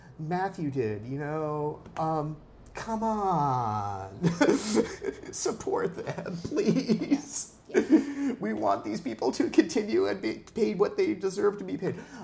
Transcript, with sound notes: Matthew did! Come on! [pretending to sob] Support them, please. We want these people to continue and be paid what they deserve to be paid!